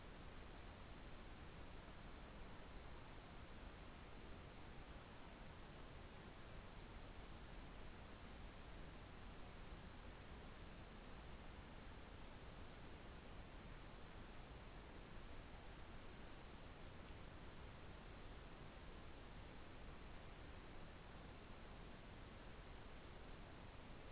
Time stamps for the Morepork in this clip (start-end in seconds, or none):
none